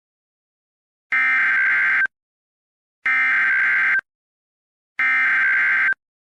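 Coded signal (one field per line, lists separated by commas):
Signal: Emergency Alert System (SAME) tones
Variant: header bursts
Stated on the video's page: Fictional Puss In Boots-themed EAS scenario, not a real alert.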